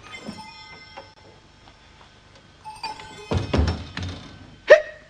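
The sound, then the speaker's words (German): Pumuckl hiccuping: a few irregular hiccup-like gulps and thunks, soft at first, then a muffled burst and a sharp, louder squeaky hiccup near the end, with no talking. “Das klingt beinahe wie ein Schlucker.”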